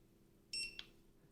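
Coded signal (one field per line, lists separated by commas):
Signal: beep code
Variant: Pawious dog fence receiver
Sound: a single short high beep lasting about a quarter second, ending with a click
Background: low room hum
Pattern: 1 short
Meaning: The receiver has turned on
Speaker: One beep means it turned on, 2 beeps means it turned off.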